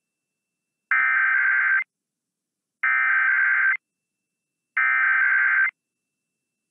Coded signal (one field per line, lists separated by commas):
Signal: Emergency Alert System (SAME) tones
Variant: header bursts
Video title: Tests To Cap Off July (EAS #21077-21107) 7/31/24